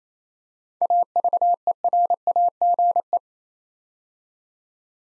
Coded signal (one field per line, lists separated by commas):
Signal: Morse code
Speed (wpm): 27 wpm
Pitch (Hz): 700 Hz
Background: none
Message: AVERAGE